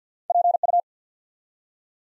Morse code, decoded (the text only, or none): PU